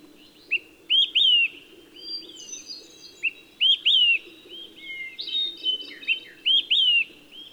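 Olive-sided flycatcher whistling its emphatic three-part phrase three times, about 2.7 seconds apart, while other birds chip and twitter in the background.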